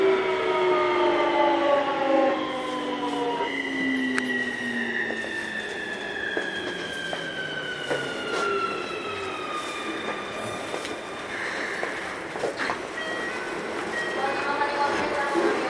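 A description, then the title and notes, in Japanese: Inside a commuter electric train as it slows, with a steady loud rumble and several whining motor tones gliding gradually downward in pitch. Sharp knocks from the rails come every few seconds, and faint voices may sit beneath the noise. 京急新1000形(アルミ車) 横浜〜三崎口。車体はアルミニウム合金製。VVVFインバータ制御装置は、1・2次車では2100形と同じくGTOサイリスタ素子によるドイツ・SIEMENS社製を採用、3～5次車では同じシーメンス社製であるが、使用素子はIGBTに変更され、純電気ブレーキも搭載。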